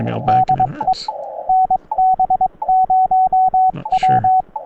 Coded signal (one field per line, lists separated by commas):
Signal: Morse code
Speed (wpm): 22 wpm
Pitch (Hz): 750 Hz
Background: speech, radio noise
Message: DE NB0W